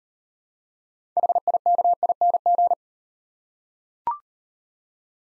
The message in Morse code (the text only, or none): HIKING